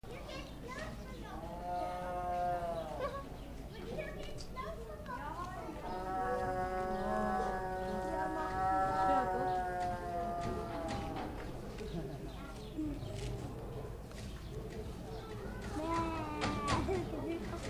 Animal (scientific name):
Panthera tigris